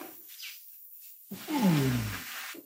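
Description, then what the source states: Orangutan long call: one deep groaning note sliding steadily downward with rich harmonics, after a stretch of faint, quieter sounds. Long call of a male orangutan.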